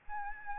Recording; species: mosquito wingbeat signal from an infrared sensor; Aedes albopictus